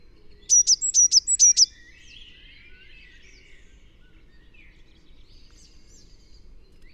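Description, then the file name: Eurasian blue tit giving a short burst of several sharp high notes, followed by soft, faint twittering and a last note at the very end. "Cyanistes caeruleus"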